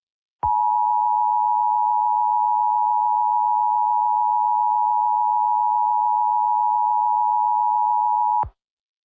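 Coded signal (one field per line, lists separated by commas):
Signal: Emergency Alert System (SAME) tones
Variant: 853 and 960 Hz attention tone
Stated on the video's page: Fictional EAS scenario.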